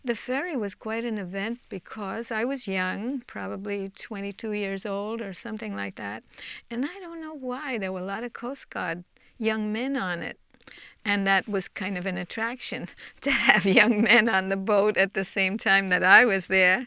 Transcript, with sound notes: The ferry was quite an event because I was young, probably twenty two years old or something like that, and I don't know why there were a lot of Coast Guard young men on it. And that was kind of an attraction, (she laughs) to have young men on the boat at the same time I was there.